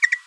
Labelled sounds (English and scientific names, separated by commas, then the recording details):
Green-rumped Parrotlet (Forpus passerinus) babbling
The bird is a male
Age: 22 days
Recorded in a nest box in Venezuela
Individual 17B42A3